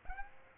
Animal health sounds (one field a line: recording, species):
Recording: mosquito wingbeat signal from an infrared sensor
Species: Aedes aegypti